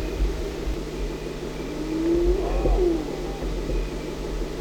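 Spotted hyena whoop, one drawn-out rising call that swoops sharply upward near its end, with a constant low hum and faint rumble behind.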